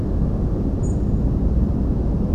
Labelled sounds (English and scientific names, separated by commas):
European Robin (Erithacus rubecula)